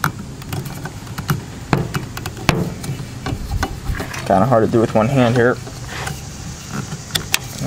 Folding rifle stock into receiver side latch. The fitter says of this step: like that and it snaps right in